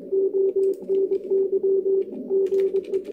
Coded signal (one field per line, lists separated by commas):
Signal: Morse code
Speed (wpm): 21 wpm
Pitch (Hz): 390 Hz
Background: none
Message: ONY GE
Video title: Hacksaw Morse key QSO with Bert 9A2UN in Solin, Croatia